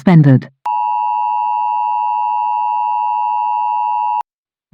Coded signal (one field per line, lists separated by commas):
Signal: Emergency Alert System (SAME) tones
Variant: 853 and 960 Hz attention tone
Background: speech